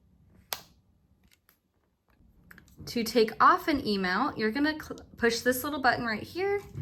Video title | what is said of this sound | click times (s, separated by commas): Get to know your camera - Exposure Triangle | And then you're just going to want to twist until you hear the click. | 0.5 s